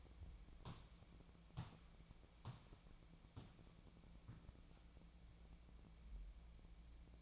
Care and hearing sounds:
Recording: daily activity, microphone in the room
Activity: walk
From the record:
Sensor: 1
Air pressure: 1012.2 hPa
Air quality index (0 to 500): 179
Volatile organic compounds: 3 ppm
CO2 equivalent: 1473 ppm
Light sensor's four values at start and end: 50/134/55/69 and 45/122/49/61

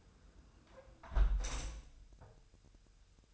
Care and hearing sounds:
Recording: daily activity, microphone in the room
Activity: close window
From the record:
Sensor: 2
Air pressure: 999.7 hPa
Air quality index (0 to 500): 218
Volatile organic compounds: 47 ppm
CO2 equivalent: 3254 ppm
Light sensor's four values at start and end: 8/20/8/8 and 8/19/8/8

